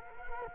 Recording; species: mosquito wingbeat signal from an infrared sensor; Culex quinquefasciatus